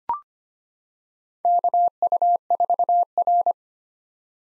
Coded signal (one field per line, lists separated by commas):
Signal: Morse code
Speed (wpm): 25 wpm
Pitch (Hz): 700 Hz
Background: none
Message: KU4R